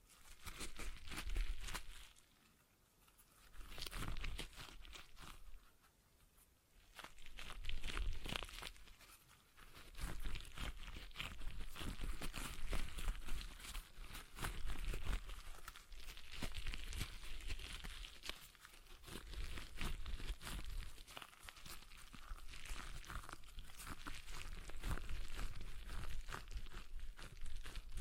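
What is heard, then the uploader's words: A stress ball is squeezed and worked in the hands, giving dense crinkling, crackling and squishing sounds. The handling runs in bursts, with short quiet gaps near 3 and 6 seconds, then continues steadily and busily from about 9 seconds to the end. ASMR Relaxing Stress Ball Sounds (No Talking).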